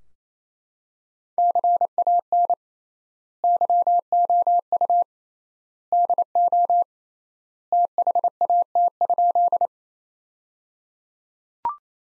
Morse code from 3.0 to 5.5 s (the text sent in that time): YOU